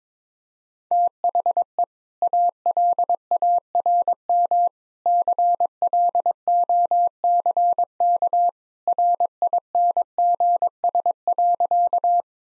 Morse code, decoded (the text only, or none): THE ALARM CLOCK RINGS.